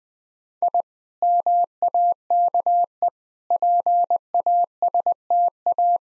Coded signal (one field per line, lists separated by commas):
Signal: Morse code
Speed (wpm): 21 wpm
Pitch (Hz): 700 Hz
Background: none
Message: I MAKE PASTA